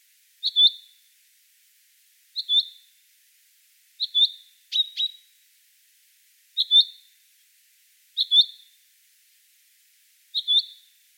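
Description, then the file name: Common chaffinch calling: seven clipped, high double-noted chips, mostly spaced roughly one and a half to two seconds apart, one slightly harsher than the rest. "Fringilla coelebs"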